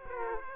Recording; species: mosquito wingbeat signal from an infrared sensor; Aedes aegypti